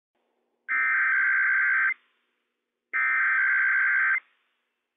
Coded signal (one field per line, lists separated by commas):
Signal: Emergency Alert System (SAME) tones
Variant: header bursts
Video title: IPAWS Required Weekly Test - WWF56 - EAS #89 - 11:00 AM PDT 5/3/21